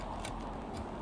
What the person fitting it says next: That's it, locked in.